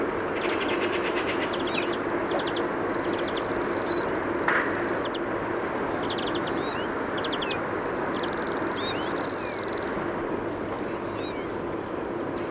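Bohemian waxwing calls: high, buzzy trilled notes in repeated bursts, with a few other brief chirps and a steady low hum underneath.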